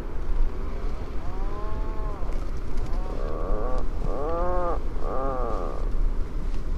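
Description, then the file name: Atlantic puffin calls: several drawn-out, nasal groaning notes with rich harmonics, some wavering, over a steady loud background roar. "Lunnefagel"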